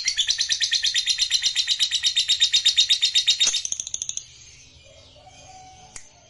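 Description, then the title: Lovebird song: a steady rapid chattering trill of high pulses for about four seconds that then breaks off, leaving a quiet faint whistle and a click. Recording meant to make a lazy, silent lovebird eager to sing, spontaneously going straight into narik (full song). "LOVEBIRD Malas Bunyi JADI GREGET SPONTAN Langsung NARIK"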